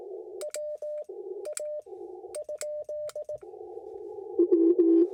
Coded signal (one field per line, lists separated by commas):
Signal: Morse code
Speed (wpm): 18 wpm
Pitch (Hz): 600 Hz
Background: none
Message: WA?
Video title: POTA @ Las Cienegas National Conservation Area — A Quick Activation